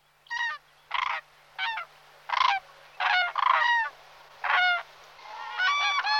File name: jeřáb-popelavý